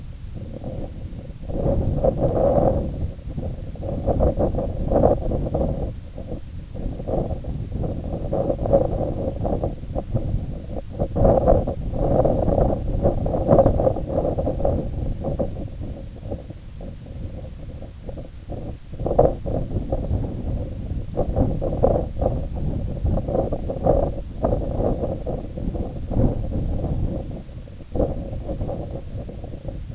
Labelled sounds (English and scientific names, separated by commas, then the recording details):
none
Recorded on Arctic tundra, site IGLO-A, on 20 June 2018
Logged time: 07:59